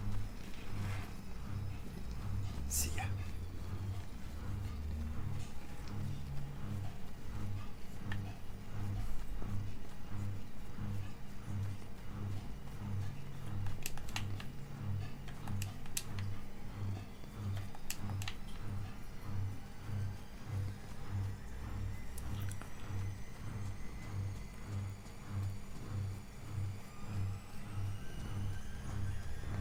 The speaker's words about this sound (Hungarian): Igen, egyébként mosok, tehát hogy a mosógépet halljátok a háttérben,